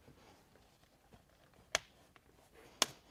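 A replacement office chair seat pad's plastic J-channel edge is pushed into the chair frame. Two sharp snaps are heard at 1.7 s and 2.8 s over a quiet background, with fainter ticks in between. The snaps show that the J-channel has seated in the frame and the fit worked.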